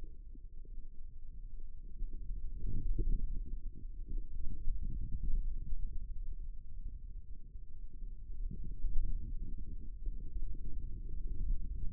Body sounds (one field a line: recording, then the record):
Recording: forearm muscle sounds (acoustic myography)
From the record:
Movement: radial deviation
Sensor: system 2, bracelet of six BSWA MPA416 microphones around the upper forearm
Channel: 4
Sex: female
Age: 25 years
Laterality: right